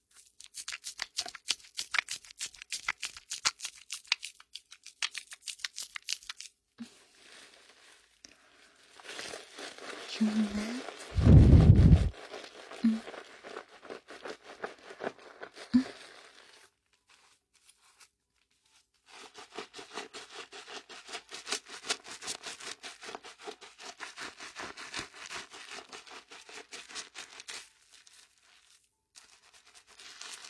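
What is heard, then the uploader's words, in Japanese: Crackling foam and water sounds, made of dense rapid ticks and fizzing pops, come in bursts with a gap in the middle. Around 11 seconds a loud low thump or splash stands out, then quieter fizzing resumes from about 19 to 28 seconds before fading. 在鹿姐姐的洗发店！泡沫、水の音。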